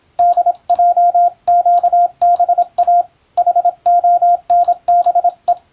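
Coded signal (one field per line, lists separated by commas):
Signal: Morse code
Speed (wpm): 26 wpm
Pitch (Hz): 700 Hz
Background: radio noise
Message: DJQBA HONBE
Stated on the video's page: Morse receiving practice for the Japanese radiotelegraph operator national exam, using telegram practice text.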